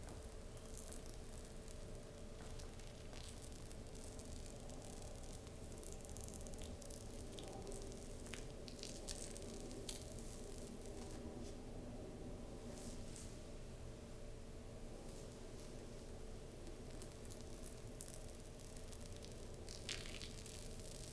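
A slow, gentle back scratch over fabric, with a soft continuous rustle and scrape that stays even in loudness throughout. Brief brighter scratchy strokes rise out of it every second or two, with a low steady hum running underneath.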